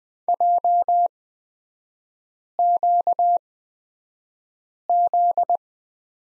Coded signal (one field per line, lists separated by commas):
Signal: Morse code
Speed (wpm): 20 wpm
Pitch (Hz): 700 Hz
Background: none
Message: JQZ